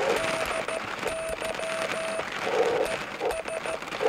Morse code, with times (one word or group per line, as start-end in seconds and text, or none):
0.2-2.2 DY
2.9-3.8 ES